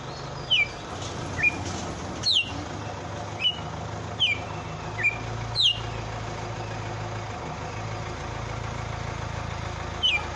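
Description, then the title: Red-cowled cardinal giving sparse clear whistled notes, mostly in the first six seconds with one more near the end, over a steady low hum and broad background noise. Female. "Canto Galo Campina Fêmea"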